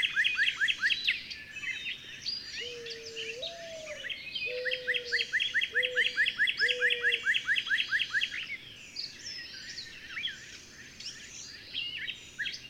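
Bird chirps rising sharply in rapid series with twittering, and a few low whistled notes midway through.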